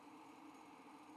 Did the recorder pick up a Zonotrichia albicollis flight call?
no